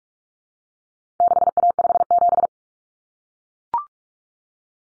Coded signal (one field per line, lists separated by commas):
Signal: Morse code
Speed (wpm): 44 wpm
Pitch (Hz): 700 Hz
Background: none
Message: 6A57